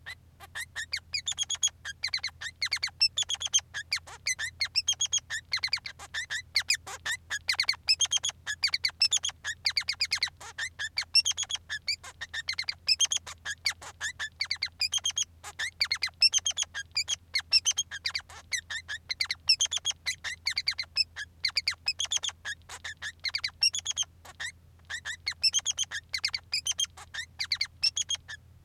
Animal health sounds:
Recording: song of a male Bengalese finch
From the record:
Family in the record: son of father 3

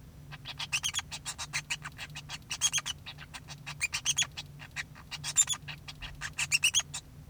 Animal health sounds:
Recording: song of a male Bengalese finch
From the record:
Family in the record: son of father 2

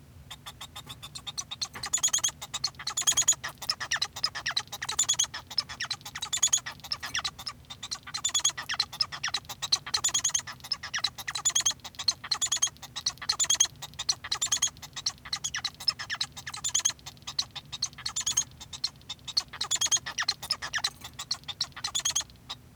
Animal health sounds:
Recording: song of a male Bengalese finch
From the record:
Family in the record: son of father 1

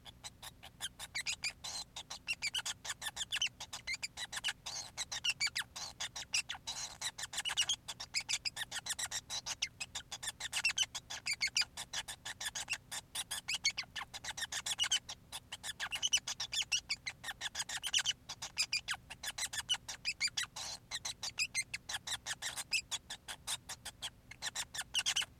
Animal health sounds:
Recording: song of a male Bengalese finch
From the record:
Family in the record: son of father 5

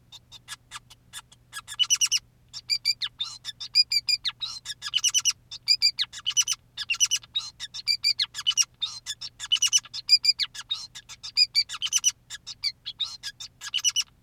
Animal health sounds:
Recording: song of a male Bengalese finch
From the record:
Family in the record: son of father 2, and himself father 5

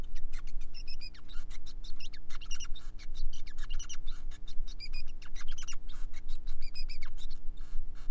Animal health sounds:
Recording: song of a male Bengalese finch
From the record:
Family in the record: son of father 5

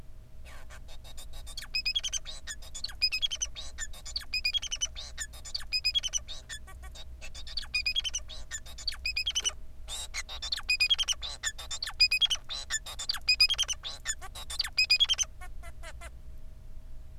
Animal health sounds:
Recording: song of a male Bengalese finch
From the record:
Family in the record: son of father 4

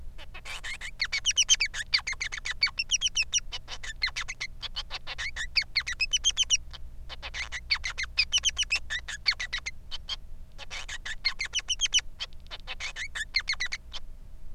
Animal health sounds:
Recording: song of a male Bengalese finch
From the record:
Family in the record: son of father 3

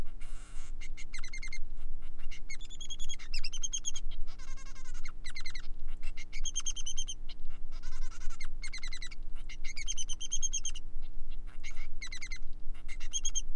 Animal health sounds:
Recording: song of a male Bengalese finch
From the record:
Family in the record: son of father 3

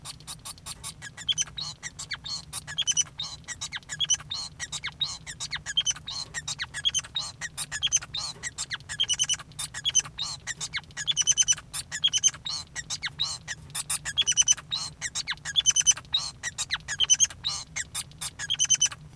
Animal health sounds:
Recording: song of a male Bengalese finch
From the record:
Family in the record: son of father 5

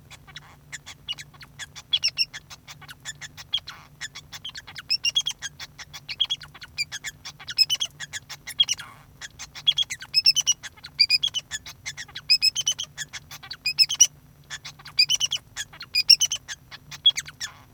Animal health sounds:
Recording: song of a male Bengalese finch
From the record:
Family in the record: son of father 2

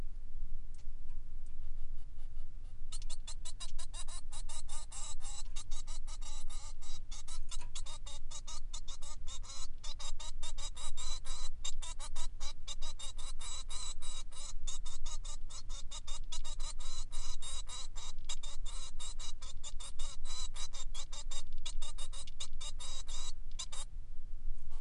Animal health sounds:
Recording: song of a male Bengalese finch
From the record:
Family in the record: son of father 3

